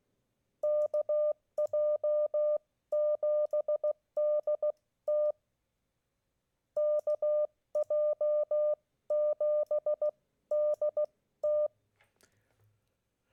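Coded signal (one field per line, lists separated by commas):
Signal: Morse code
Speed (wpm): 16 wpm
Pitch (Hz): 600 Hz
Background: none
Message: KJ7DT KJ7DT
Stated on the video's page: Morse contacts made during a Parks on the Air park activation.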